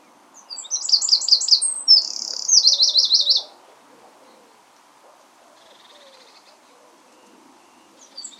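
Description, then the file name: Eurasian wren song, a loud burst of high, rapid trills and sharp notes lasting about three seconds, then quiet with faint background noise. "Troglodytes troglodytes"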